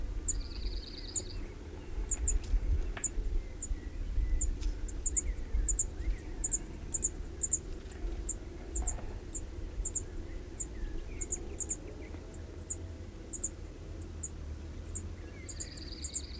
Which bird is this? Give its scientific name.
Emberiza cirlus